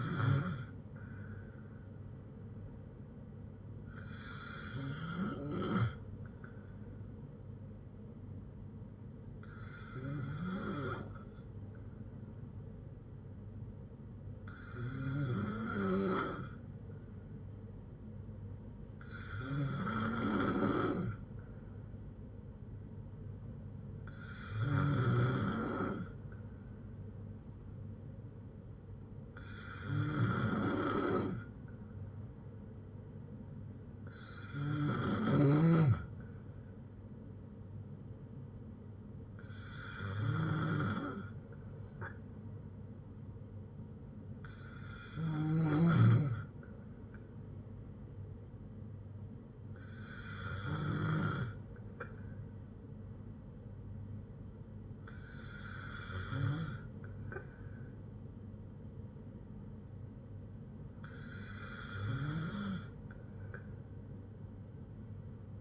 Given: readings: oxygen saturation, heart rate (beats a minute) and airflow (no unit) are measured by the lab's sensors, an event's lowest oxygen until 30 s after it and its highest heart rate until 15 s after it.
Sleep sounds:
breathing in sleep by a smartphone at the bedside; none
none scored
From the record:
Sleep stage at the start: N2 (light sleep); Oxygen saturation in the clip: 92 to 95%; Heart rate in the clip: 57 to 66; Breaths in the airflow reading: 13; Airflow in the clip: -6.0 to 5.3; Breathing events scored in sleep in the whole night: 182 in 7.4 hours asleep

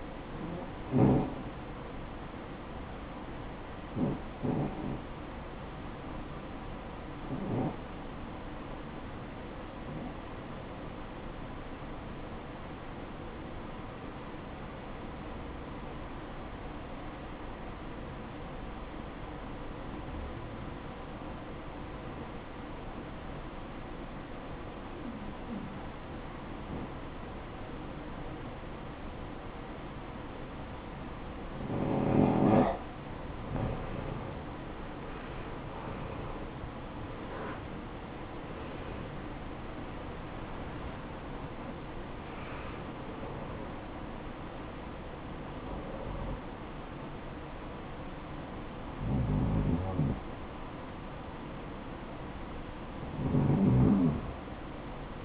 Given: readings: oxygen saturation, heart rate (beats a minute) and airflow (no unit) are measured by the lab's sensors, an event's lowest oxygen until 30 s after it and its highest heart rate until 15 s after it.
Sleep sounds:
breathing in sleep by a voice recorder at the bedside; 1
14.00-34.20 s: obstructive apnea (REM, oxygen 94% highest, then 85% lowest, heart rate 64 at the start, 79 highest)
From the record:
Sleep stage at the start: REM sleep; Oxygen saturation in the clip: 80 to 94%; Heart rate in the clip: 60 to 79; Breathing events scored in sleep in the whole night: 573 in 9.8 hours asleep

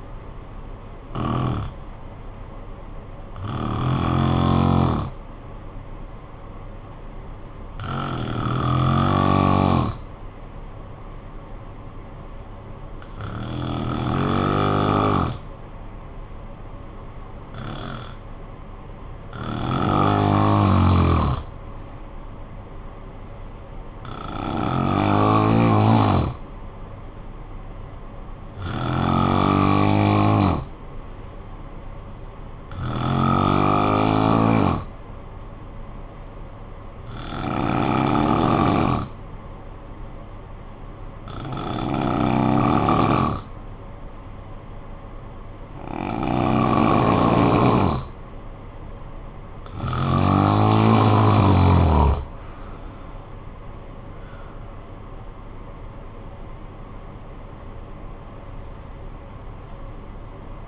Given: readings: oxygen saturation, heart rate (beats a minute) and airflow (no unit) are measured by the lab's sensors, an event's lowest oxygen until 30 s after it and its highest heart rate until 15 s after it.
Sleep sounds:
breathing in sleep by a smartphone at the bedside; 1
3.00-48.50 s: hypopnea (N1, oxygen 96% highest, then 88% lowest, heart rate 52 at the start, 75 highest)
5.00-60.68 s: new sleep stage, N2 (light sleep)
From the record:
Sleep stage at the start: N1 (lightest sleep); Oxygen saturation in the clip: 89 to 96%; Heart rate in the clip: 51 to 75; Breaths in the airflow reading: 15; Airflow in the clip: -11.7 to 16.3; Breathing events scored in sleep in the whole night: 445 in 7.6 hours asleep

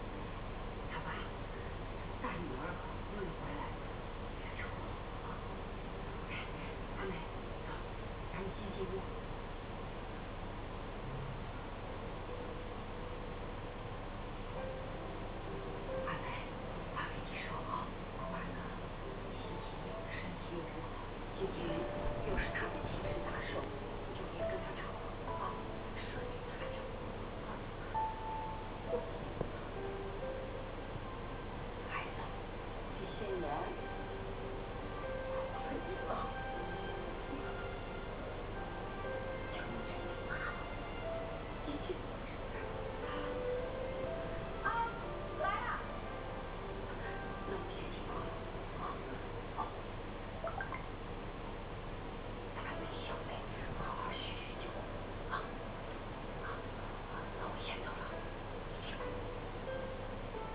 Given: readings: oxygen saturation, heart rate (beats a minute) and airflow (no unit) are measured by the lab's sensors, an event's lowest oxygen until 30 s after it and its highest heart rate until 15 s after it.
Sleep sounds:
a person awake in a sleep study, by a voice recorder at the bedside; none
0.00-60.55 s: awake
From the record:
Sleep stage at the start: awake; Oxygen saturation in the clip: 92 to 94%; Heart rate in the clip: 59 to 69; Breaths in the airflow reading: 19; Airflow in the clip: -6.2 to 6.0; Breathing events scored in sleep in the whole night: 476 in 9.7 hours asleep

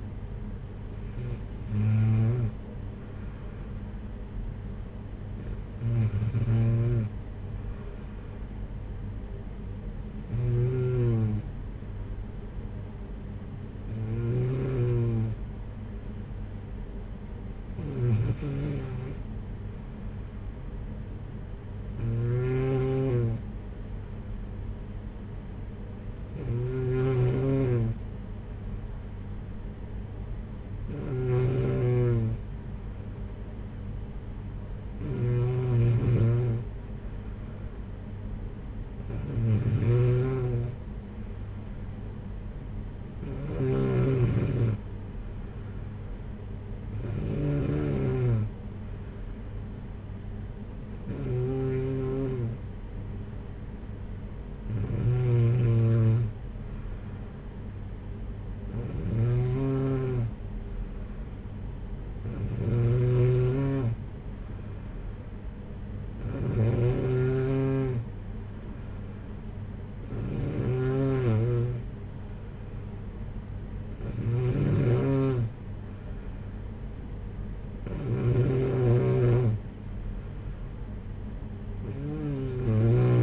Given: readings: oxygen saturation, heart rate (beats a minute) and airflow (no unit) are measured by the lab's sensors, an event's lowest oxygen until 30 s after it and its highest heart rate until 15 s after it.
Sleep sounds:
breathing in sleep by a smartphone at the bedside; none
none scored
From the record:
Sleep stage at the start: N2 (light sleep); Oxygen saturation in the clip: 93 to 95%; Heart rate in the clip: 54 to 60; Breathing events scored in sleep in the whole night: 226 in 8.8 hours asleep

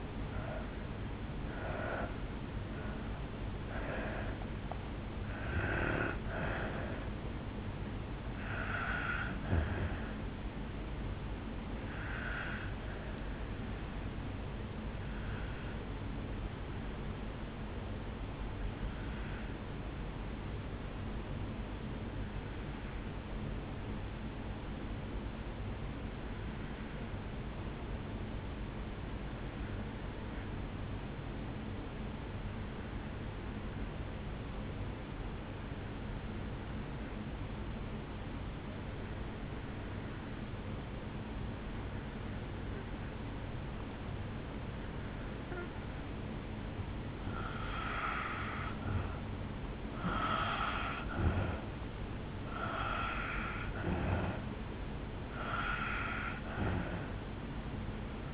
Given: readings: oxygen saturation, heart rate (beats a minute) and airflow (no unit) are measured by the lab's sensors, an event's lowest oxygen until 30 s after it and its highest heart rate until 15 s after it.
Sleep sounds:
breathing in sleep by a voice recorder at the bedside; 1
17.00-48.40 s: obstructive apnea (N1, oxygen 98% highest, then 84% lowest, heart rate 52 at the start, 69 highest)
27.00-58.34 s: new sleep stage, N2 (light sleep)
From the record:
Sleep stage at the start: N1 (lightest sleep); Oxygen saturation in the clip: 79 to 98%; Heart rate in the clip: 52 to 74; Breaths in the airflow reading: 9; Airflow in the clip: -9.9 to 5.0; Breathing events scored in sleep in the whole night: 449 in 7.0 hours asleep

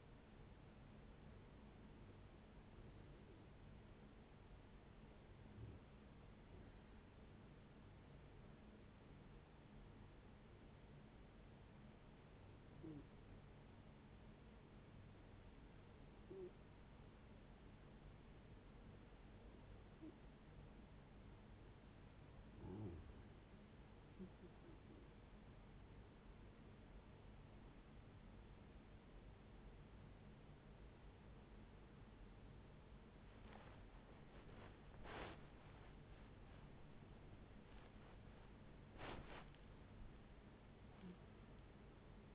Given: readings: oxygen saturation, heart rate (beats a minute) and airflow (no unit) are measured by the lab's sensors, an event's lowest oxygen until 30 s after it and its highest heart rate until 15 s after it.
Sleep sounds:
breathing in sleep by a voice recorder at the bedside; 1
10.00-22.70 s: hypopnea (N2, oxygen 94% highest, then 91% lowest, heart rate 79 at the start, 83 highest)
28.00-42.35 s: new sleep stage, awake
33.00-42.35 s: awake
From the record:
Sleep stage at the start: N2 (light sleep); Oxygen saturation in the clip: 91 to 94%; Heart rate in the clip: 75 to 86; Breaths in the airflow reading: 12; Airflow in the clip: -15.6 to 14.3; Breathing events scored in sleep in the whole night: 496 in 5.4 hours asleep

